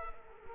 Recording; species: mosquito wingbeat signal from an infrared sensor; Culex quinquefasciatus